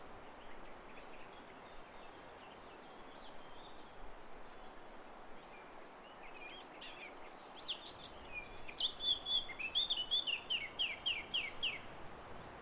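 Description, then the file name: Eurasian blackcap song: after a quiet, hissy start, a rapid warbling phrase bursts in around eight seconds, ending in a run of clear, quick repeated high notes. "Sylvia atricapilla"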